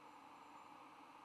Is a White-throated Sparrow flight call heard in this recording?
no